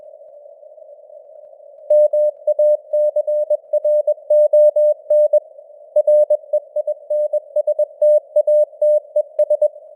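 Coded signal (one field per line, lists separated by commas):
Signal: Morse code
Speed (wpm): 21 wpm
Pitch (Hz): 600 Hz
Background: none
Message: MACRON REINSTATES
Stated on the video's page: Simulated Morse news broadcast at 21 wpm with artificial radio noise and varying signal strength (QSB).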